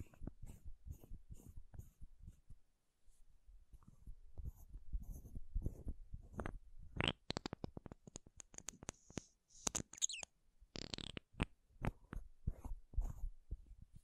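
Makeup tapping and scratching: quick, irregular taps and scrapes come in clusters, with a brief pause near the two-second mark. From around seven seconds the sounds turn sharper and brighter, with thin high squeaky scrapes near ten seconds before the dull tapping resumes.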